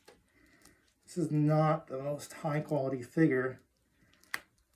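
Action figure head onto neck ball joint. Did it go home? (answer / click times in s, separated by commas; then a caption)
yes / 4.3 s. Someone talks while pressing an action figure's plastic head, which had popped off, back onto its neck peg (a ball joint). After some faint handling ticks, the head seats with a sharp snap at 4.3 s.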